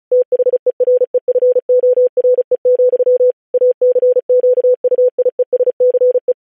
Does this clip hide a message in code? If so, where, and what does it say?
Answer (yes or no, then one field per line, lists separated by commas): yes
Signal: Morse code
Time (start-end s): 0.1-6.3 s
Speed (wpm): 36 wpm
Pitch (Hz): 500 Hz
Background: none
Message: THEREFORE, ACQUIESCE